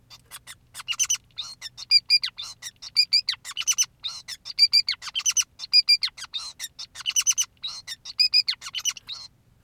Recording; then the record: song of a male Bengalese finch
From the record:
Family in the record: son of father 2, and himself father 5